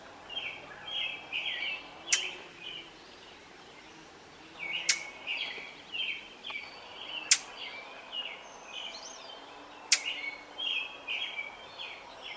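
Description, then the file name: Brown thrasher singing a long run of varied, burry and whistled phrases, with sharp clicking snaps at intervals and constant background hiss. "طائر السمنة البني"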